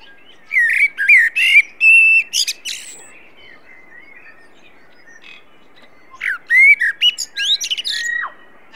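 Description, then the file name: Common blackbird singing two loud phrases, each a few low mellow whistles then a high scratchy twitter, separated by about three seconds of quiet. "Turdus merula"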